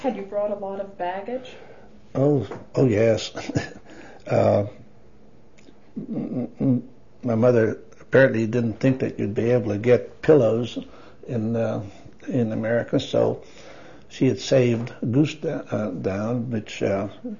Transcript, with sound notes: Had you brought a lot of baggage?
Oh, oh yes. (laughs) Um,-- my mother apparently didn't think that you'd be able to get pillows in um, in America, so—she had saved goose-- down, which um,